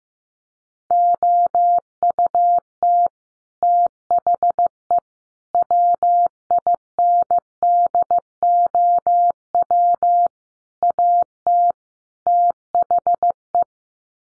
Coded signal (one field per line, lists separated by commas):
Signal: Morse code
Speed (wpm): 15 wpm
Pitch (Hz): 700 Hz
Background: none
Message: OUT THE WINDOW AT THE